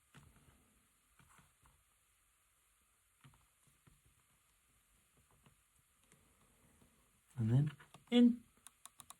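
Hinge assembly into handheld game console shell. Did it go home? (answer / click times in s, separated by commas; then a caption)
yes / 8.8 s. A repaired replacement hinge assembly, with its spring on the inside, is pushed into the plastic shell of a Nintendo DS Lite handheld console. Someone talks over faint handling noises, then a quick series of sharp clicks rings out, with the hinge clicking into place at about 8.9 seconds. The hinge is seated.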